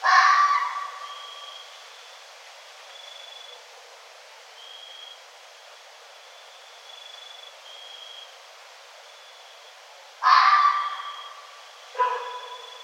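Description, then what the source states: Red fox calling with rough, raspy barks: one at the start, then two more close together near the end, with a faint high whine drifting in the background. Recorded 1 November 2011.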